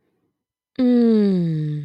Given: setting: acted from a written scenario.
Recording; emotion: vocal sound without words; ecstasy